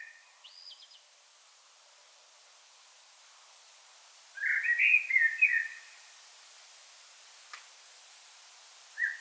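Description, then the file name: Blackbird sings one warbled, fluty phrase amid quiet background, with a brief high note near the start and a faint click later on. "Turdus merula"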